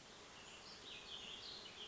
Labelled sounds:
Warbling Vireo (Vireo gilvus)
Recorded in Sonoma County, California

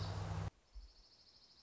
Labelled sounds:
Dark-eyed Junco (Junco hyemalis)
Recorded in Sonoma County, California

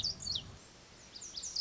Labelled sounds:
Lazuli Bunting (Passerina amoena)
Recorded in Sonoma County, California

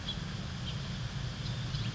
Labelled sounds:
House Finch (Haemorhous mexicanus)
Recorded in Sonoma County, California

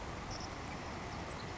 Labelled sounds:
Savannah Sparrow (Passerculus sandwichensis)
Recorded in Sonoma County, California

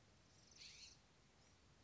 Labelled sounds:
California Scrub-Jay (Aphelocoma californica)
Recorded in Sonoma County, California

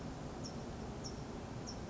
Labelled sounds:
California Towhee (Melozone crissalis)
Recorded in Sonoma County, California

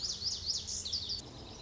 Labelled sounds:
Lazuli Bunting (Passerina amoena)
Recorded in Sonoma County, California

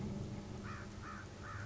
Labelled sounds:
American Crow (Corvus brachyrhynchos)
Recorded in Sonoma County, California

